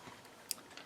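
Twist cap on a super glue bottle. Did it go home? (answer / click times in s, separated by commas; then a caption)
yes / 0.5 s. The plastic twist top of a Loctite super glue gel bottle is turned until it clicks into place. A single sharp, bright click sounds at 0.5 s, followed by a much fainter tick around 0.8 s over a quiet background. The cap is seated.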